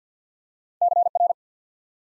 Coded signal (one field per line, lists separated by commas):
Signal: Morse code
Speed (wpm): 50 wpm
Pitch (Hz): 700 Hz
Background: none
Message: C R